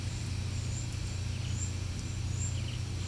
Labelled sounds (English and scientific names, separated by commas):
none